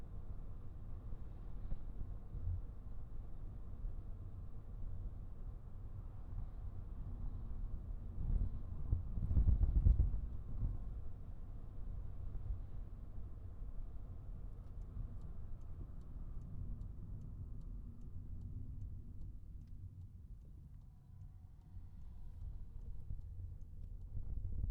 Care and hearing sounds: everyday scene through a hearing-aid microphone; in a vehicle; engine, rumble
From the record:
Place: Skoda Fabia, gasoline engine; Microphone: behind the ear, right, front

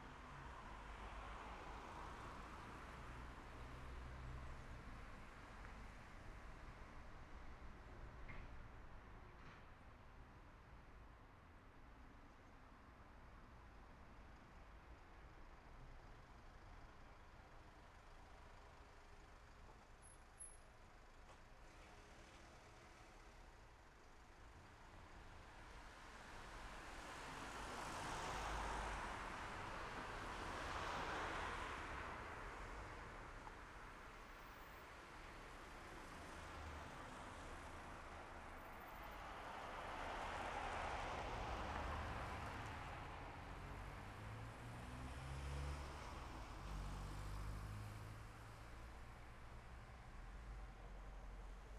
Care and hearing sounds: everyday scene through a hearing-aid microphone; in traffic; traffic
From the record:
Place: city secondary road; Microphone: behind the ear, left, front

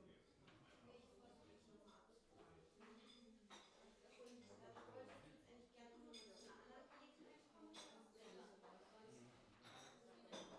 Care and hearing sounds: everyday scene through a hearing-aid microphone; many people talking; many voices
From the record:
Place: parish hall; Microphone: in the ear canal, left

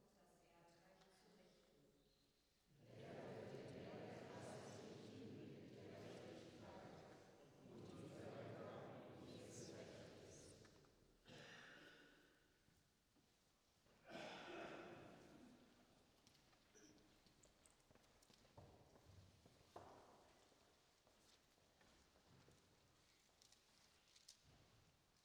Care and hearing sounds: everyday scene through a hearing-aid microphone; reverberant space; speech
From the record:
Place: church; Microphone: in the ear canal, right

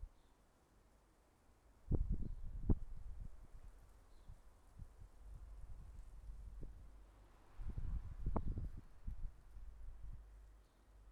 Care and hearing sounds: everyday scene through a hearing-aid microphone; wind on the microphone; wind, traffic, birds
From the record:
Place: suburban garden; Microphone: behind the ear, left, rear

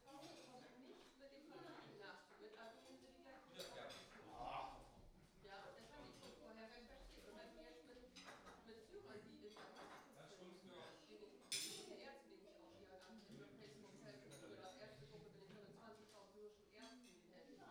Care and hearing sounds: everyday scene through a hearing-aid microphone; many people talking; many voices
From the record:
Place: parish hall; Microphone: in the ear canal, right

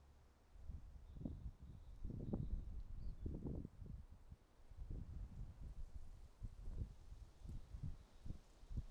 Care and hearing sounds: everyday scene through a hearing-aid microphone; wind on the microphone; wind, traffic, birds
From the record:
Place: suburban garden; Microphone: in the ear canal, right

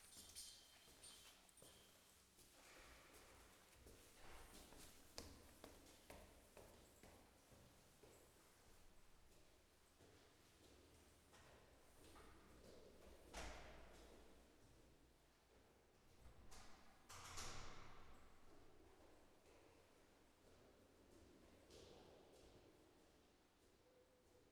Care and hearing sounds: everyday scene through a hearing-aid microphone; reverberant space; background noise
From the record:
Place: staircase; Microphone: behind the ear, left, rear

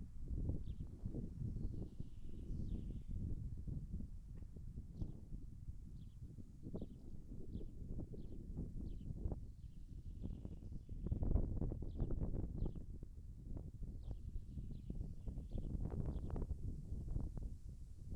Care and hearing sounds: everyday scene through a hearing-aid microphone; wind on the microphone; wind, birds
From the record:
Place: in front of a rural house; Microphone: behind the ear, left, rear

